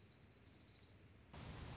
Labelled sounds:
Orange-crowned Warbler (Leiothlypis celata)
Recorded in Sonoma County, California

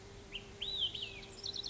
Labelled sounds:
Olive-sided Flycatcher (Contopus cooperi)
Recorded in Sonoma County, California

